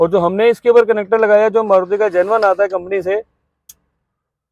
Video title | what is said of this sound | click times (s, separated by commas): Brezza usb wiring 😡Brezza Steering And stereo wiring - Brezza Sunglass holder wiring scam - Brezza | से volume आई इसकी plus 100% एकदम lock हो गई | 3.7 s